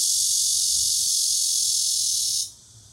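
Cicada song, a loud, steady, high-pitched hissing buzz that holds evenly for about two and a half seconds, then cuts off abruptly.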